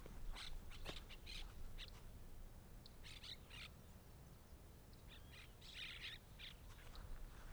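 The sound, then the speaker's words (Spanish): Harsh, scratchy parakeet calls come in rapid clusters of squawks, pausing between bursts, over a steady low rumble of background noise with no talking. “Cotorra.”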